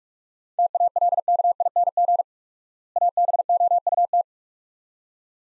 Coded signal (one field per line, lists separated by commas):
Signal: Morse code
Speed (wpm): 46 wpm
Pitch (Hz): 700 Hz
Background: none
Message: TALKING ABOUT